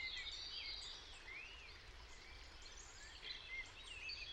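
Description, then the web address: European robin singing thin, high, wavering phrases of rising and falling slurred whistles and short trills, continuing throughout over low background rumble and hiss. "Deverinetal 2025 File origin Bird Only Er Ru"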